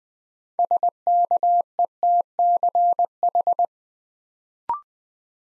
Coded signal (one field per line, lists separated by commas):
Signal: Morse code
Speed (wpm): 20 wpm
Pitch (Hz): 700 Hz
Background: none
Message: SKETCH